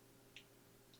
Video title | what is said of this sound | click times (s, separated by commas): smallrig v-mount battery plate v lock battery mounting plate | and once you slide it back up you hear that click again and then you simply just | 0.4 s